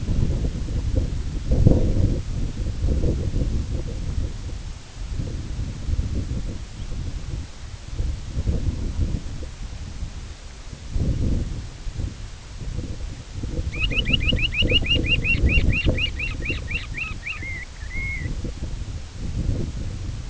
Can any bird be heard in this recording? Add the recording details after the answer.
yes. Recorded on Arctic tundra, site IGLO-A, on 16 June 2018. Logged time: 13:59